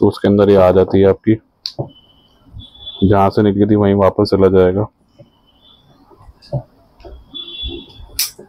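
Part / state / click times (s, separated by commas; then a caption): anchor link into camera strap quick-release buckle / seated / 8.2 s. A quick-release anchor link on a camera slide strap is pressed into the strap's buckle while someone talks. A sharp click at 8.2 seconds marks the anchor link locking into the buckle, confirming it has seated.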